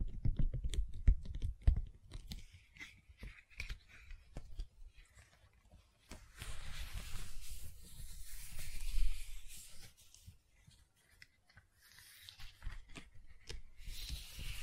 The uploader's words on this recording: ASMR Gentle Silicon Sounds for Sleep (No Talking).